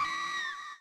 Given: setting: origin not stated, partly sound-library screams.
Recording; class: one-second piece from a danger detection set; woman in danger